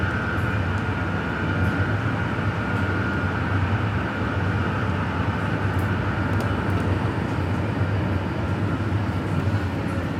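Inside a moving train carriage in the evening, a steady low rumble and dense rattle of wheels on track fill the whole ten seconds. A faint hum sits in the middle, with small brief ticks and clicks above, and no voices.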